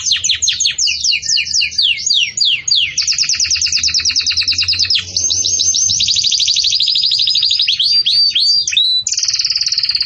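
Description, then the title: Belgian canary song, continuous and varied, with sweeping chirps, fast rolling trills and bright whistled phrases one after another. Belgian canary song in the campainha (bell) style, used to teach song to chicks. "Belíssimo Canto Do Canário Belga Campainha Para Encarte De Filhotes"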